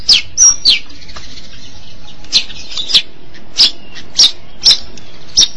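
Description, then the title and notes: Long-tailed Shrike calls: sparse, sharp chirps and short whistled notes spaced irregularly over a quiet background. Recorded March 2017. "Suara burung pentet"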